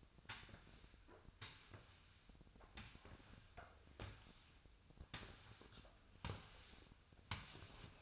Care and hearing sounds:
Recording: daily activity, microphone in the room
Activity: sweep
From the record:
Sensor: 2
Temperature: 24.0 degrees Celsius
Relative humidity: 35.5%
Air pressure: 1004.6 hPa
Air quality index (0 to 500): 91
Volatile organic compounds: 2 ppm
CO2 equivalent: 1097 ppm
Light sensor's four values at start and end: 6/15/6/6 and 6/15/6/6

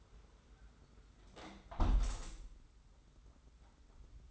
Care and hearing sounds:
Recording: daily activity, microphone in the room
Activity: close window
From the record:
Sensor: 3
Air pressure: 991.2 hPa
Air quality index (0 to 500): 116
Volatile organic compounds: 79 ppm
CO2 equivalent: 3598 ppm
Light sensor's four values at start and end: 48/132/54/47 and 48/132/53/47

